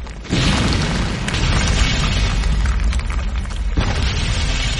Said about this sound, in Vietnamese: Đột nhiên, nhiều tiếng nổ dữ dội. Quốc, nó đang pháo kích. Đất đá bay rào rào, em với thằng Toản ngã dúi ngã dụi, sợ không thở được.